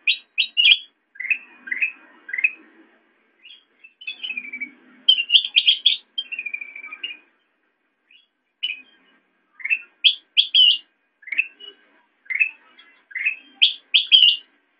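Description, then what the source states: Sooty-headed bulbul calls: mixed short chirps and higher warbled phrases, one drawn-out note, delivered in bursts separated by short silences. Used for training songbirds (masteran).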